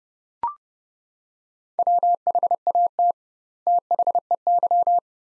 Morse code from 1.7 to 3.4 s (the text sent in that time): WHAT